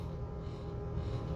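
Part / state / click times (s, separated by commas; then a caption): auto-injector pen pressed against skin / not seated / none. A Zepbound 2.5 mg auto-injector pen is pressed against skin while still locked, so it does not fire. Only a steady low hum is heard for about 1.4 seconds, with no sharp sounds. Nothing has clicked yet because the pen was not unlocked first.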